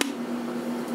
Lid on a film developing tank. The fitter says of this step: sure you hear that click that's gonna be in all the way and at this point is light proof so